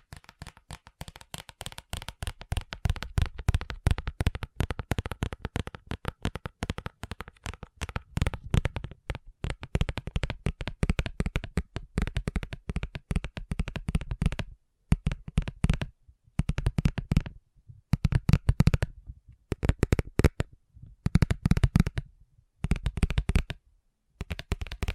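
Fast tapping in dense, rapid bursts of crisp clicks, continuous for about fourteen seconds, then broken into shorter flurries separated by brief silences.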